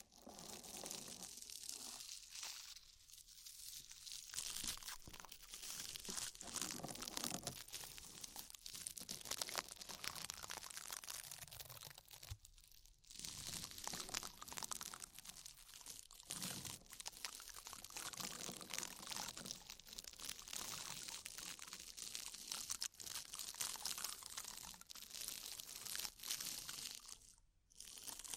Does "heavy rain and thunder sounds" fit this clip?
no